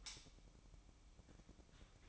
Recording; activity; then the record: daily activity, microphone in the room; light off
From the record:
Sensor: 1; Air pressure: 1008.0 hPa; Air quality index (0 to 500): 125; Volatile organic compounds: 2 ppm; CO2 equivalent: 1057 ppm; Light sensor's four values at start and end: 14/39/15/17 and 10/24/10/11